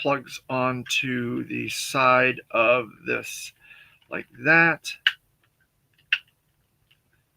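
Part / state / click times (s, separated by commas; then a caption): plastic weapon apparatus onto side of toy vehicle / seated / 6.1 s. A plastic gun apparatus for an action-figure vehicle is plugged onto the vehicle's side mount while someone talks. A single sharp plastic click at 6.1 seconds shows the accessory has seated onto the vehicle.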